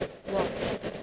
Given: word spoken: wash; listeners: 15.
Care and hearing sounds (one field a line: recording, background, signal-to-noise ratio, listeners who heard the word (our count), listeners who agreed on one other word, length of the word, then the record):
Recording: one English word in noise, from a listening test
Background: noise modulated by three-talker babble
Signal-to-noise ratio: -4.0 dB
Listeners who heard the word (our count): 4 of 15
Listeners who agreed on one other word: 8 of 15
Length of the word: 0.63 s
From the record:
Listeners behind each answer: 8, 4, 1, 1, 1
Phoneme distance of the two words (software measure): 10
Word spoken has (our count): 1 syllable, 3 phonemes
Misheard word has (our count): 1 syllable, 3 phonemes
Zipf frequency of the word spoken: 4.54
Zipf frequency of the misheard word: 5.30